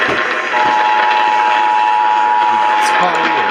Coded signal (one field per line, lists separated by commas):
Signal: Emergency Alert System (SAME) tones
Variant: 853 and 960 Hz attention tone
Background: speech